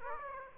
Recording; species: mosquito wingbeat signal from an infrared sensor; Aedes aegypti